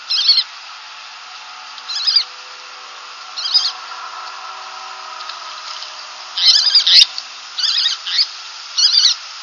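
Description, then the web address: Least tern giving sharp, scratchy high calls, at first spaced about every one and a half seconds, then in a quicker cluster of several notes near the end. "Wellesley Commons. birdsongs tern least"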